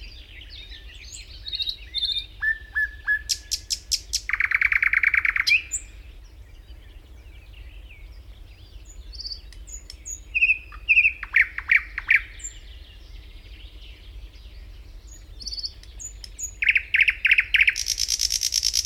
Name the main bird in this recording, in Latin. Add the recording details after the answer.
Luscinia luscinia. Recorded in the wild. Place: Schaabe, Insel Rügen, Mecklenburg-Vorpommern, DE. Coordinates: 54.57, 13.45. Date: 1969-05-22. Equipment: Nagra III BH, Sennheiser MD 21, parabola. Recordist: Schubert, Michael